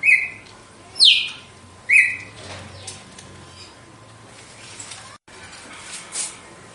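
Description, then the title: Red-cowled cardinal song: three strong whistled phrases about one second apart, a steep downward slide between level notes, then quieter scattered notes and low hum. Female bird; song described as pure, strong, clean and measured 'açoite' style. "Canto Galo Campina Fêmea 02. GALO DE CAMPINA, AÇOITE PURO, FORTE, LIMPO E COMPASSADO"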